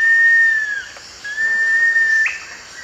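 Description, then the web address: Long-billed woodcreeper song: long, pure, steady whistled notes held near one pitch, with a brief upward flick between the later notes, over a constant high insect hiss. Song recorded in the eastern lowlands of South America. "ENTER Music and Audio. Nature Songs S America Eastern Lowlands. Nasica longirostris, song"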